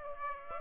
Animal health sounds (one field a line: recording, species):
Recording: mosquito wingbeat signal from an infrared sensor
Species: Aedes aegypti